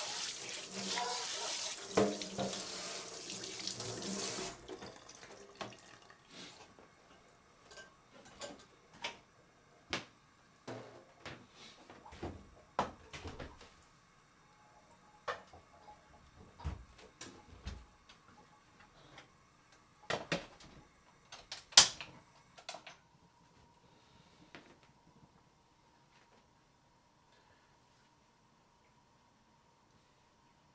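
After washing up, a faucet runs for about four seconds, then scattered clatters and knocks of dishes follow, fading into quiet with a faint hum.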